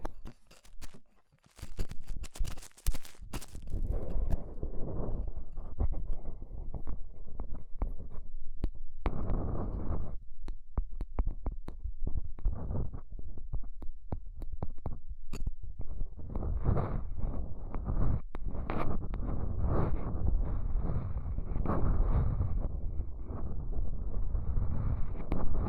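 Ear cleaning with rhinestone and clay removal: dense, muffled rubbing and scraping with a deep rumble, dotted with sharp crackles and clicks. After a quieter, broken start in the first two seconds, the scratching runs steady and thick to the end.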